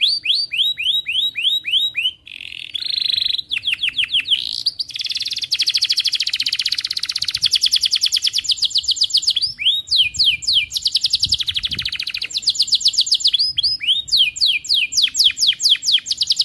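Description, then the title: Atlantic canary singing continuously, fast repeated trills alternating with sweeping downslurred notes and rolling buzzy passages, each phrase changing pace every few seconds. Canary song, lively, with varied ornamented phrases and rich filler notes. "Kenari Gacor Cengkok Terbaik Isian Paling Mewah"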